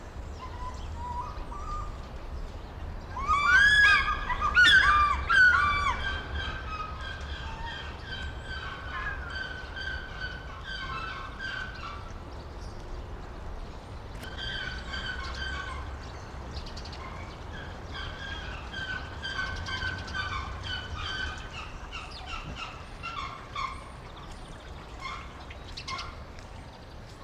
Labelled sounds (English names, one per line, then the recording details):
African Fish-eagle
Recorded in captivity
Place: Zoo Berlin, Berlin, DE
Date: 1994-02-11 11:14
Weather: Bedeckt, 4°C
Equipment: Marantz CP 130, Sennheiser ME 80, Kopie Uher Variocord 263
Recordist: Tembrock, Günter